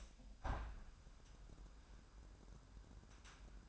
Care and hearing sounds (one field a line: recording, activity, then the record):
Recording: daily activity, microphone in the room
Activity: open window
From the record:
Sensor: 2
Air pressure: 998.4 hPa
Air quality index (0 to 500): 143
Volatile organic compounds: 4 ppm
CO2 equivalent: 1627 ppm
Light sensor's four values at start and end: 8/19/8/9 and 8/20/8/9